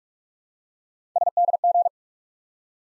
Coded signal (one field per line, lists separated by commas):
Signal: Morse code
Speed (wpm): 44 wpm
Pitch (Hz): 700 Hz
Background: none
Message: SDG